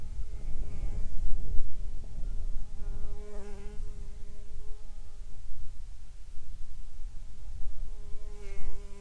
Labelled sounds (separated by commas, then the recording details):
wind, insects
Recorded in the Prudhoe Bay oil fields, Alaska, on 10 July 2019 at 14:46
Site 14